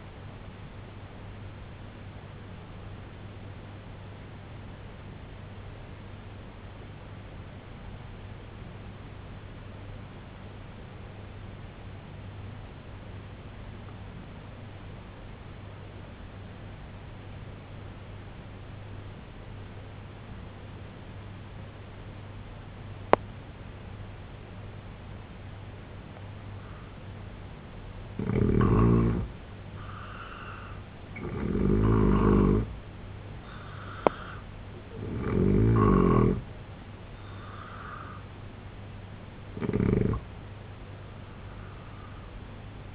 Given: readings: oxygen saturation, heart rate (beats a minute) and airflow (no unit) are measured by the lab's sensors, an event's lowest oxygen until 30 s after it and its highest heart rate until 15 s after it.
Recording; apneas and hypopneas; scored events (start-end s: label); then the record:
breathing in sleep by a voice recorder at the bedside; 1
3.00-29.20 s: hypopnea (N1, oxygen 96% highest, then 86% lowest, heart rate 71 at the start, 83 highest)
From the record:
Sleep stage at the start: N1 (lightest sleep); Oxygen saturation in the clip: 84 to 96%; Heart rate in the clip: 66 to 91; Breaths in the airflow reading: 3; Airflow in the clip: -4.1 to 7.1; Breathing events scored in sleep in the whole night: 258 in 7.4 hours asleep